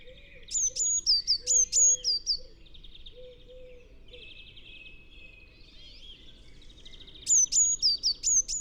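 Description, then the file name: Eurasian blue tit calling: two quick runs of bright, high, downslurred notes, with softer buzzy trilled phrases filling the gap between them. "Cyanistes caeruleus"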